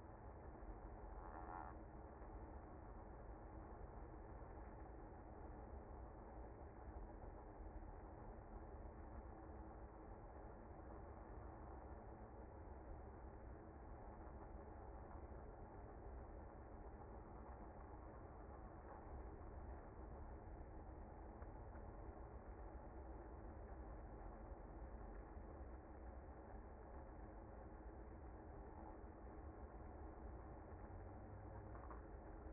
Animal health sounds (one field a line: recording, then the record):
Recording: honeybee colony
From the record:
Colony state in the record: active